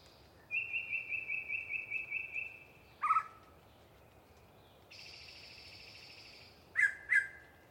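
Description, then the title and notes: Yellow-breasted chat song: a steady string of about ten whistled notes, a low cluck, a long buzzy trill, then two harsh paired calls. Long pre-dawn singing by one very vocal bird in deciduous cover near the microphones. "A Very Chatty Yellow-breasted Chat. A particularly chatty Yellow-breasted Chat provides us a long pre-Dawn soliloquy while hanging out in some deciduous coverage"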